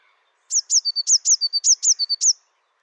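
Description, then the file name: Eurasian blue tit song, a quick run of about seven high, descending whistled notes, each trailed by a brief lower tone, lasting under two seconds. Recorded in the Dombes, France. "MESANGE BLEUE DOMBES"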